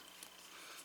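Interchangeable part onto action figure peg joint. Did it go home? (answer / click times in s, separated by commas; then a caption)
no / none. An interchangeable plastic part is pushed onto the round peg joint of an S.H. Figuarts fourth form Frieza action figure, which has a hexagon-shaped port. Two faint taps are heard at about 0.2 and 0.9 seconds against a quiet background. The part fails to snap in, and nothing has seated or clicked yet.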